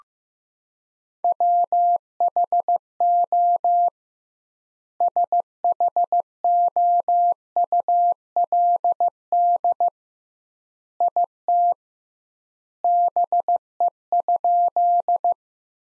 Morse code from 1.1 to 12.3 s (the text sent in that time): WHO SHOULD IT